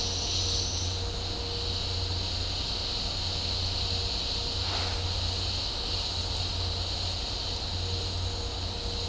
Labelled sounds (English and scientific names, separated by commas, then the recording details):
none
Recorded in dense forest near Puerto Asís, Putumayo, Colombia, on 26 December 2024 at 10:00
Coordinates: 0.503, -76.323
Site G043